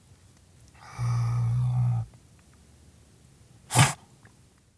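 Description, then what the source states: River otter growl and snort: a low, steady, buzzing growl lasting about a second, a pause with faint clicks, then one sharp, breathy snort. Otter at night visiting its cave-like feeding den at the water's edge, giving a loud snort along with low growls.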